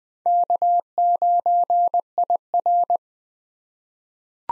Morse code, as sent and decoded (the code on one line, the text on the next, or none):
-.- ----. .. .-.
K9IR